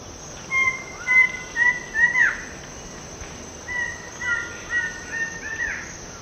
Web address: Natures Songs S America Eastern Lowlands. Thamnophilus murinus, duet